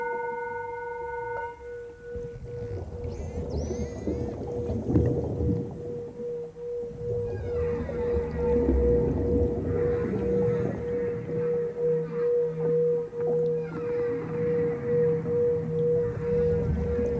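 Dolphin vocalizations, with rising high whistles and chattering calls, float over a steady, humming drone of Tibetan singing bowls that rings throughout. No one speaks.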